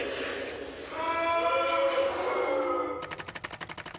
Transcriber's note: soundbite of booing